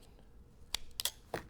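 A spatula attachment is slid by its tab into a metal multi-tool handle and clicks home at 0.8 s and 1.0 s. Sharp bright metallic clicks are heard, followed by another softer clack near 1.4 s. The attachment is seated and locked in place.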